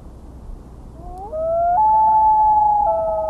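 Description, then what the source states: Common loon wail: a clear tone swoops upward, steps higher and holds a long, steady mournful note, slightly dropping near the end. Call described as haunting, long and mournful, musical and emotional, one of the loneliest sounds on the planet.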